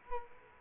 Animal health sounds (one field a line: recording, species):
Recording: mosquito wingbeat signal from an infrared sensor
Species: Culex quinquefasciatus